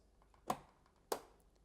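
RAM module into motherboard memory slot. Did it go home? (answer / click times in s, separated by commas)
yes / 0.5 s, 1.1 s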